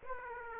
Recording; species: mosquito wingbeat signal from an infrared sensor; Aedes aegypti